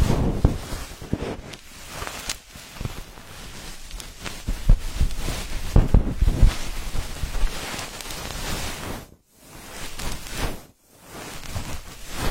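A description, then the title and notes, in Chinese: Ear massage with no talking: close, dense rubbing and rustling friction right against the microphone, shifting in pressure with soft low thumps and scratchy bursts. The strokes are irregular, and the sound drops to near silence twice, around nine and eleven seconds. 无人声按摩耳朵（声控助眠）。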